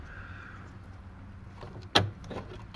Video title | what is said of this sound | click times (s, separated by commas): Vw golf 2013 headlight fault | and locks in place in doing so those two pins just in there engage on the two pins just here | 2.0 s